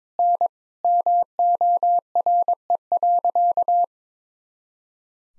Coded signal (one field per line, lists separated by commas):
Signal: Morse code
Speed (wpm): 22 wpm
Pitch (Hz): 700 Hz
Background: none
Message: N MORE.